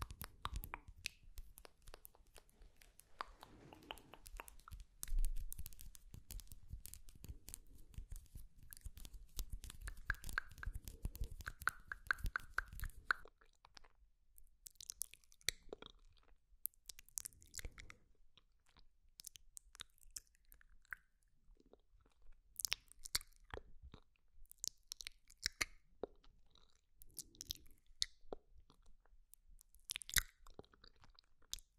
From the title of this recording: TINGLY MOUTH SOUNDS ASMR